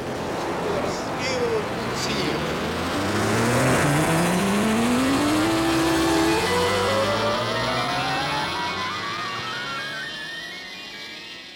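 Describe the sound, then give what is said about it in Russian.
A time machine launches into the future with a loud, engine-like mechanical whine that climbs steadily in pitch for about ten seconds, layered with buzzing harmonics, before gradually tapering off. “Читайте, а я стартую в будущее.”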